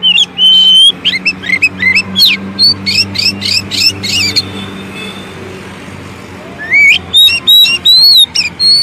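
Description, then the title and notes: Oriental magpie-robin song of sharp whistles, upslurred notes and fast chattering trills, broken by a quieter stretch with a steady low hum beneath. Long-duration 'isian' (training) song meant to make magpie-robins sing vigorously ('gacor') day and night. "Kacer Jadi Gacor Siang Malam. Isian Kacer Durasi Panjang"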